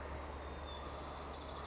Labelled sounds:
White-crowned Sparrow
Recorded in Sonoma County, California

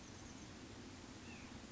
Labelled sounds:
Oak Titmouse
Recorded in Sonoma County, California

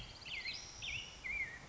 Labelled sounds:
Black-headed Grosbeak
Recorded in Sonoma County, California

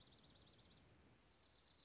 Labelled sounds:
Dark-eyed Junco
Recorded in Sonoma County, California

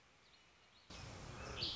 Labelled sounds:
Red-winged Blackbird
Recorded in Sonoma County, California

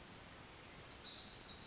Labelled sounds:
Pacific Wren
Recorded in Sonoma County, California

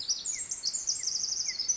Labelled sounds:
Pacific Wren
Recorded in Sonoma County, California

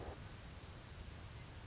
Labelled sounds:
Anna's Hummingbird
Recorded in Sonoma County, California

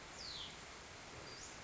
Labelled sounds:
Hutton's Vireo
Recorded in Sonoma County, California

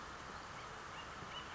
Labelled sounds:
Acorn Woodpecker
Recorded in Sonoma County, California

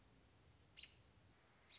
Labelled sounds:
American Robin
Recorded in Sonoma County, California

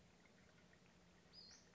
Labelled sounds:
Western Flycatcher
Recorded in Sonoma County, California

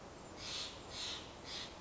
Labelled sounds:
Steller's Jay
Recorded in Sonoma County, California

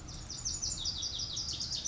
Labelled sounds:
Lazuli Bunting
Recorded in Sonoma County, California

